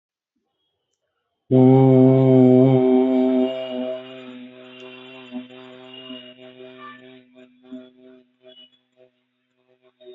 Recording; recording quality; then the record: sustained vowel as in boot; moderate, slight background noise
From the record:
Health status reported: exposed to COVID-19, no respiratory illness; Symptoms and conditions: cough, cold, sore throat, loss of smell and taste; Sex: male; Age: 19 years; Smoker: not ticked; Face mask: not worn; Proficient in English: yes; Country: India